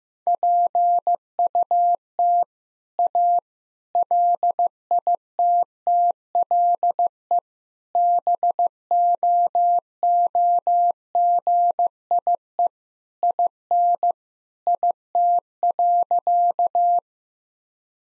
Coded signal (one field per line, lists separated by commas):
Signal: Morse code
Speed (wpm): 15 wpm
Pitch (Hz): 700 Hz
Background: none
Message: PUT A LITTLE BOOGIE IN IT.